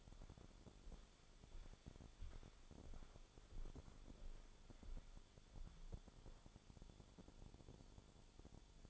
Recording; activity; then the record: daily activity, microphone in the room; walk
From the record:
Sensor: 5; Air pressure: 1015.4 hPa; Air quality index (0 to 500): 172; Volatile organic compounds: 6 ppm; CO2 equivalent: 1872 ppm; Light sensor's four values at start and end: 37/84/34/33 and 37/84/34/33